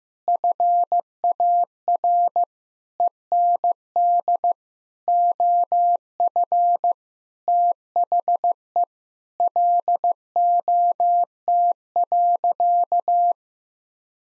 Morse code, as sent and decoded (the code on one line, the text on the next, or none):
..-. .- .-. / . -. -.. / --- ..-. / - .... . / .-.. --- - .-.-.-
FAR END OF THE LOT.